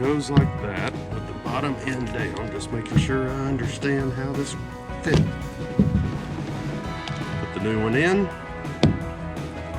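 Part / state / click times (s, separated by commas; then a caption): fuel filter element into filter housing / not seated / none. A new fuel filter element is handled and positioned, bottom end down, for its plastic filter housing on a Chevy Duramax 2500HD diesel pickup, with a couple of short knocks near 7.1 s and 8.8 s. Someone talks throughout over a music bed. The element has not seated or snapped into place yet.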